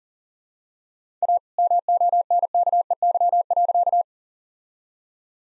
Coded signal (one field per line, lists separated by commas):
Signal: Morse code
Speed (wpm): 40 wpm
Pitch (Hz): 700 Hz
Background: none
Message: A MONKEY.